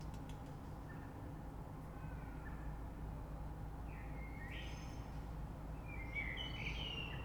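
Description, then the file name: Common blackbird song: a few faint, fluted phrases with higher twitters in the second half, over a steady low rumble. Recorded 3 March 2020. "Rush Merle"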